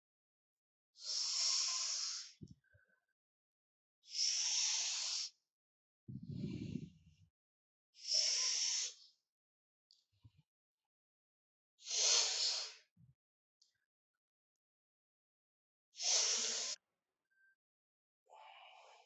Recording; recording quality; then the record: deep breathing; excellent, no background noise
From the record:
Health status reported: healthy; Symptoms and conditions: none ticked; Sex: male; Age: 25 years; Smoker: not ticked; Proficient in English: no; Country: India